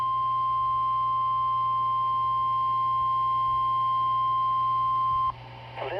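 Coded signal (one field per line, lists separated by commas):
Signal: Emergency Alert System (SAME) tones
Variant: 1050 Hz attention tone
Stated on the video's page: Required weekly test of the Southern Nevada Emergency Alert System.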